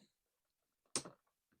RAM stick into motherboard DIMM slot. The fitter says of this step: Click there. There we go.